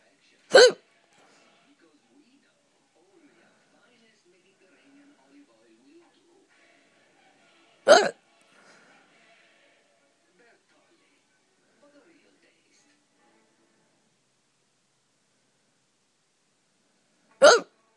Hiccuping ribbiting.